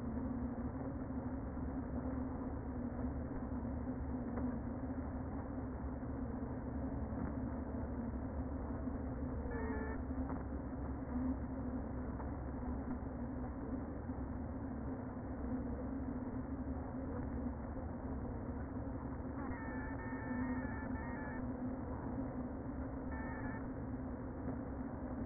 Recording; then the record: honeybee colony, microphone inside the hive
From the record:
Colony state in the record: queen present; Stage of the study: before two queens were removed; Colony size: about 60,000 bees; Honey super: yes